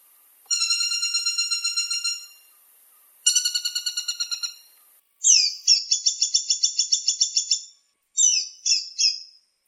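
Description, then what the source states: Woodpecker calls: several rapid series of sharp, ringing harmonic notes, the first two lower and the later ones higher and shriller, with short silent gaps between. A combination of three woodpeckers.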